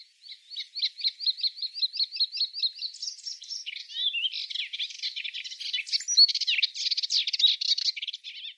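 A pale warbler sings a fast, high-pitched song resembling an icterine warbler's but much faster, starting with a quick run of repeated chirps, then breaking into a busy, varied chatter of squeaky notes, with no other sounds.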